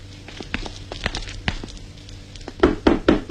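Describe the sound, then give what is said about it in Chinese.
Faint scattered taps and footfalls, then four loud, evenly spaced knocks on a door near the end, with no voices; members of the Angel (安琪儿) theatre troupe knocking and asking to be let in. “开开门，请开开门。”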